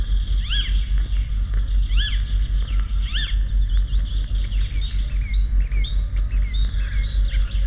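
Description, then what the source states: Icterine Warbler singing, opening with a few repeated up-and-down slurred notes, then a quicker tumble of varied high chirps, with a low rhythmic hum beneath. Whole song consists of borrowed fragments; its own sound is a characteristic nasal 'tey'.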